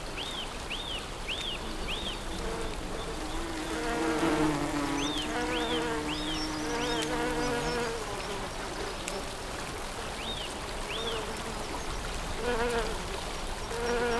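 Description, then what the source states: Bee: buzzing insect hum builds in the middle and returns near the end, while a bird repeats quick arched chirps in groups over a gentle flowing sound. Bees in spring, with water.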